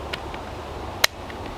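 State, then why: Seated. A bullet tip is pressed on the small ejection selector bar in the receiver of a Beretta ARX100 rifle to switch ejection back to the right side. After a couple of faint ticks near 0.1 and 0.3 seconds, one sharp, bright click sounds at 1.0 seconds as the selector snaps over and seats.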